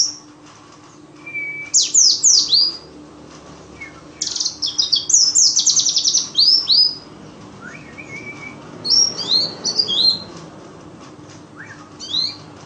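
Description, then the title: White-eye song: bursts of high, sweeping chirps and twitters between short flat whistles, over a constant low hum. Forest-type white-eye ('ngalas'), isian filler song used for masteran, tutoring captive songbirds. "mster Mnuk. Pleci ngalas isian untuk masteran"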